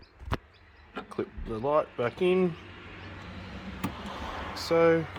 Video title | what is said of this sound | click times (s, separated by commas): WM WN Holden Chevrolet Caprice Xenon Headlamp Replacment | It should then click into place after a bit of gentle force. | 0.3 s